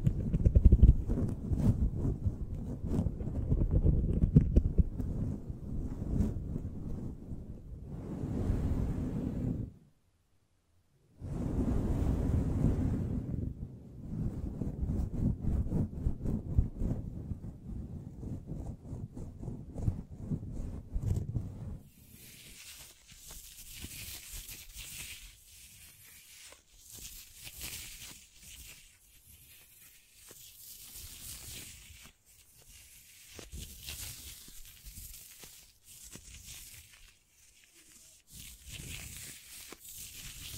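Microphone brushing and scratching, heavy and low at first, with dense rough rubbing and a short silent gap near ten seconds. After about twenty-two seconds the sound turns thin and hissy, lighter scratching strokes in quick uneven bursts until the end.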